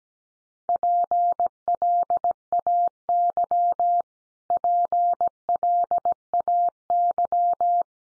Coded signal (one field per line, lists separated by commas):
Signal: Morse code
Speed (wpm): 17 wpm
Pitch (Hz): 700 Hz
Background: none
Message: PLAY PLAY